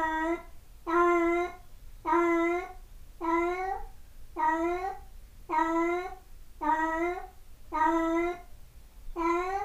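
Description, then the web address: Cat producing nine even, repeated meows, each brief and flat-pitched, following one another roughly every second with low background hum. Dated 1 May 2008, also marked 0841. "cat cat 20080501-0841"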